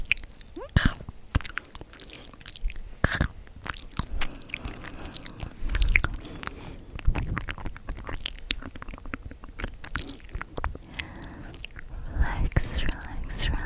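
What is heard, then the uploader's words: Soft mouth sounds recorded very close: wet clicks, smacks and crunchy chewing-like pops arrive in quick irregular bursts throughout. Sharp crisp snaps stand out near the start, around three and six seconds, and again near ten and twelve, over a faint low hiss. ASMR Soft Mouth Sounds and Hand Movements!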